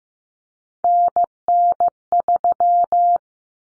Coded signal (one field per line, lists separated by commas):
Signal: Morse code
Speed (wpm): 15 wpm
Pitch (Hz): 700 Hz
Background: none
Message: NN3